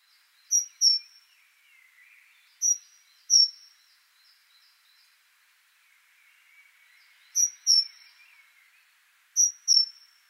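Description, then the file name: Great tit calls: loud high notes in quick pairs, repeated with gaps of a few seconds. "Parus major"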